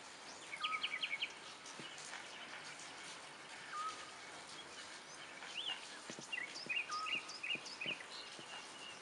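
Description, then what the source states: Bird song: thin, steady whistled notes with quick twittering phrases in short bursts, over a constant background hiss. A bird that sings at night.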